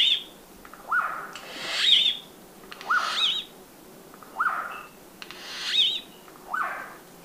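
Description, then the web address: Turquoise jay calling with varied notes: brief whistled upslurs alternating with higher, squeaky, rasping phrases, repeated in quick irregular succession. Recorded in Ecuador, South America. "Natures Songs S America Birds of Ecuador Turquoise Jay"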